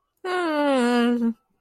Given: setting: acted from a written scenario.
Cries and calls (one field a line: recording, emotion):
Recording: vocal sound without words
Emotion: distress